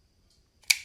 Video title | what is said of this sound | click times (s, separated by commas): The WE 604I. An old school, refined specimen, showing WE's potential to come! | it breaks the detent and it locks into place | 0.7 s